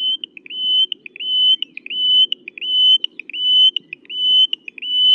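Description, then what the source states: Taiwan Bush Warbler song: a long, high, steady whistle followed by a few short clipped notes like Morse code, repeated about every three quarters of a second. Little brown bird whose call sounds like Morse code.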